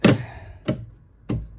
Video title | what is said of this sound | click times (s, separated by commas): Hi tech Diamond 6” trim Unboxing (unaffiliated) | doesn't really snap into place but | none